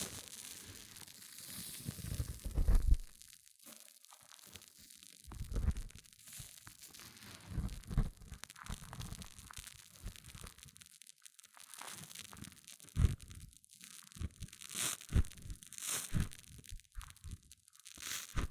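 Hair mousse fizzes and crackles in uneven bursts, with a bright hiss that thins out between denser crunchy patches. Louder low rustling thumps land irregularly, near 3, 6, 13 and 15 seconds, and short quiet gaps break up the sputtering texture.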